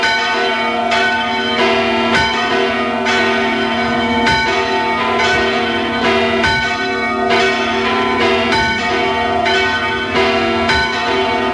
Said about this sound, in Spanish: Santa María de Ujué. Estamos muy cerca de Tafalla. Iglesia de traza de castillo medieval, con dos estilos, románico los ábsides y gótico desde el crucero hasta el coro. Están sonando cuatro campanas de esta iglesia de Santa María de Ujué, en Navarra.